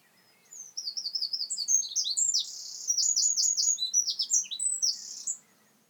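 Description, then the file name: Eurasian wren song, a loud, fast run of high, sharp trills and warbled notes lasting about five seconds, with a quiet background. "Troglodytes troglodytes"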